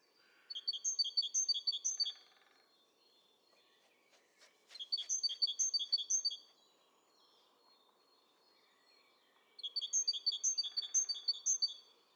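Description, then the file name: Great tit calling in three bursts of quick, ringing three-note phrases, each burst lasting a couple of seconds, with a faint low hum and a few clicks between. "Parus major"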